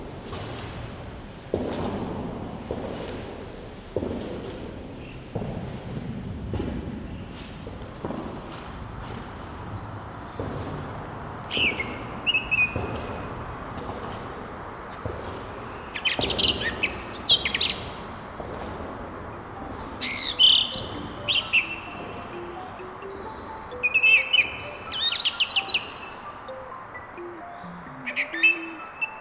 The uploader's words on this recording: Using the main sound - echoing footsteps - I created a story of walking from place to place and encountering new soundscapes on the way. A birdsong from a bog in Estonia.